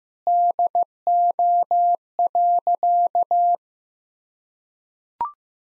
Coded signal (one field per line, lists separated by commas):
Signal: Morse code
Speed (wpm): 15 wpm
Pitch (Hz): 700 Hz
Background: none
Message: DO.